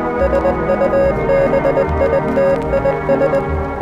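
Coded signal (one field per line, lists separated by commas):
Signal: Morse code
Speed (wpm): 20 wpm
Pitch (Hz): 550 Hz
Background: music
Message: SUBITIS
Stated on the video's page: Mock recreation of a North Korean alarm.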